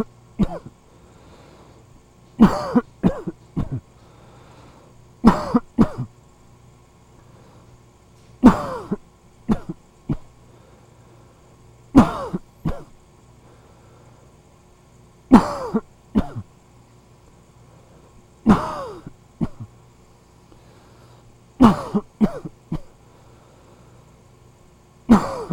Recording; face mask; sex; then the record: voluntary coughing; surgical mask; male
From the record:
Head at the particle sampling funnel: facing it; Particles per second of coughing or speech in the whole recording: 0.448